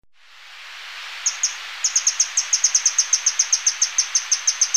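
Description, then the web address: Brown Inca: a fast, regular series of some twenty sharp, high ticking notes over a rising background hiss. Ecuador. "Natures Songs S America Birds of Ecuador Brown Inca"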